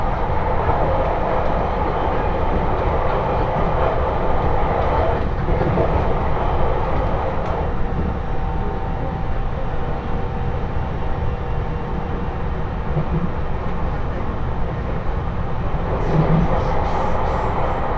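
A train ride on the Tohoku Main Line: a steady, dense low rumble and rattle, with faint tones and a brief click near eight seconds.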